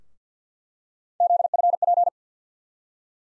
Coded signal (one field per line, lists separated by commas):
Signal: Morse code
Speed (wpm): 50 wpm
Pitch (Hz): 700 Hz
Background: none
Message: ZFP